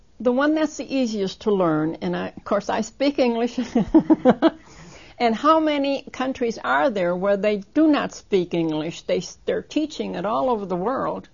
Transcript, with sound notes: The one that's the easiest to learn. And, of course, I speak English. (She laughs.) And how many countries are there where they do not speak English. They're teaching is all over the world.